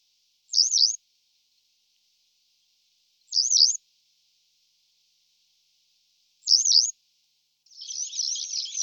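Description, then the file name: Western yellow wagtail calls: three thin, slurred high notes, each about half a second, spaced roughly three seconds apart, then a burst of scratchy high sound at the end. "Konipas lucni Motacilla flava"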